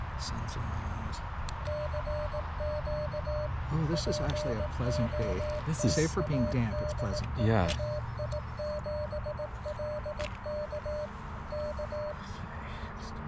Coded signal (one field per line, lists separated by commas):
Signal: Morse code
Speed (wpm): 18 wpm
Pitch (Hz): 600 Hz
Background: speech, music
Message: CQ POTA DE AI7LK K